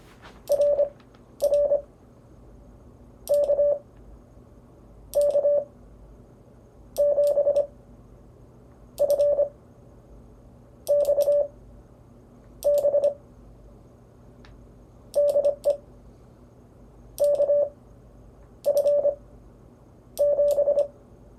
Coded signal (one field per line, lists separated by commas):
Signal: Morse code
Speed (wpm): 25 wpm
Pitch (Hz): 580 Hz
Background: none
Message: RR KK7FXB DE KF7